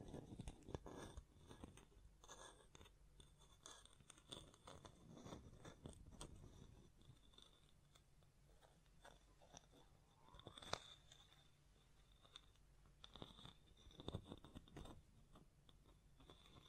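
Tapping, scratching and brushing against a microphone, with hand sounds, in a busy, irregular stream of crisp crunchy clicks and rustles. Dense bursts fill the first six seconds, thin out in the middle, then flare again near 11 and 13–15 seconds.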